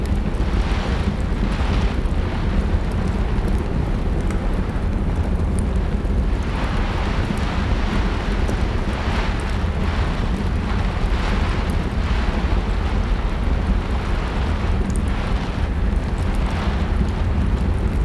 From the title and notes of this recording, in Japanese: 嵐の中の居心地の良い屋根裏部屋。暖炉のパチパチと雨。外では、雨が窓を激しく打ち、その不断のリズムが屋根裏部屋の心地よい交響曲に加わります。